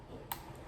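A plastic landing-gear extension is snapped onto the foot of a DJI Mavic Mini drone to raise it up. A single sharp click sounds at 0.3 s over a quiet background. The extension seats in place.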